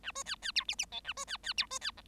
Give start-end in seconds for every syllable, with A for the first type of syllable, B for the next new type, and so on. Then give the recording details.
0.03-0.12 A, 0.15-0.23 B, 0.25-0.35 C, 0.42-0.52 C, 0.55-0.64 D, 0.68-0.75 E, 0.78-0.85 E, 0.92-1.00 F, 1.04-1.13 A, 1.17-1.25 B, 1.27-1.37 C, 1.43-1.53 C, 1.57-1.66 D, 1.70-1.79 B, 1.81-1.91 C, 1.97-2.01 G. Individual Bird7